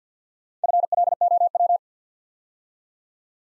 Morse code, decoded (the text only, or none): FLOW